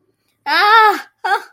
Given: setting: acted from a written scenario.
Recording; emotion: vocal sound without words; positive surprise